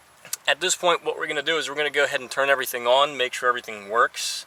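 A green plastic electrical connector is pushed back into the steering column combination switch wiring on an 8th-generation Honda Accord, seating with a sharp click at 0.3 s. Someone then talks for the rest of the clip.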